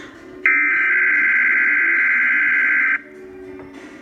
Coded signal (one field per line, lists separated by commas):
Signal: Emergency Alert System (SAME) tones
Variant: header bursts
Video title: Required Weekly Test EAS #27